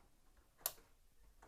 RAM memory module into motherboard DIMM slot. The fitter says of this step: On ouvre l'éclipse et là, attention, on va réentendre le clic.